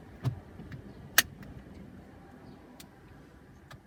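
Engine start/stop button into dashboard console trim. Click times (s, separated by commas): 1.2 s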